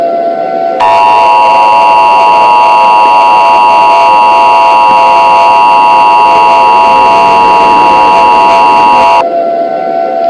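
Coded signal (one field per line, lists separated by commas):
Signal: Emergency Alert System (SAME) tones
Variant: 853 and 960 Hz attention tone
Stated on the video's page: Fictional EAS scenario about a tornado hitting Detroit.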